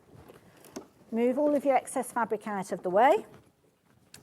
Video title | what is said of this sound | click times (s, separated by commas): 02 01 2024 SEWING STREET HUSQVARNA MACHINES | and you'll feel it click | 0.7 s, 0.8 s